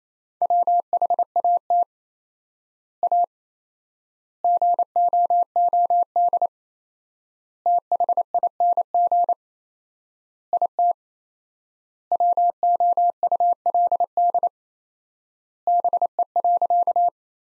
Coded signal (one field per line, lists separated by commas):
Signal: Morse code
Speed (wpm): 28 wpm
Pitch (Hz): 700 Hz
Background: none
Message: WHAT A GOOD THING IT WOULD BE.